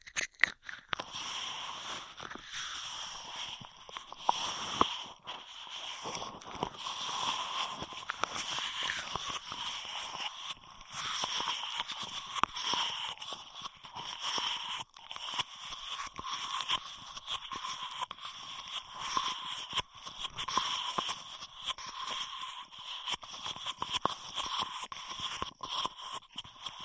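Straws are crinkled, tapped and squeaked in a dense, continuous stream of crisp plastic crackles and clicks. Sharp ticks come rapidly and unevenly throughout, with a bright steady squeak running underneath and brief pauses near five, ten and fifteen seconds.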